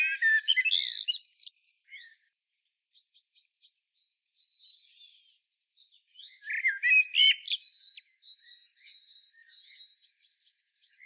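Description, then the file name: Common blackbird song in two phrases, each of mellow whistled notes followed by thin squeaky twittering, separated by quiet high chirping. "Turdus merula"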